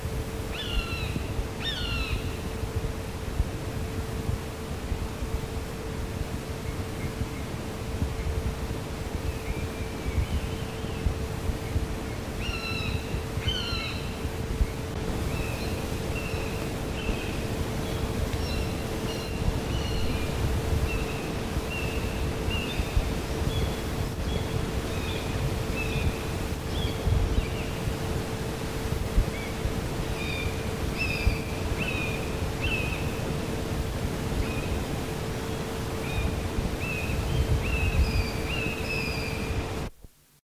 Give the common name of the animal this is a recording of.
Common Buzzard